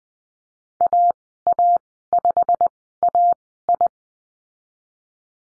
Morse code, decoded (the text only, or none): AA5AI